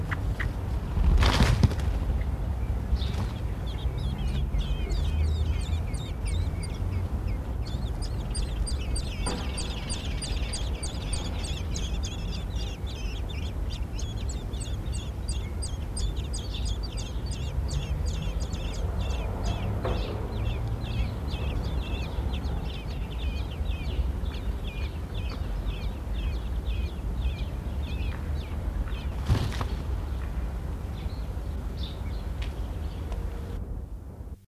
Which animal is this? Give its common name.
Common Blackbird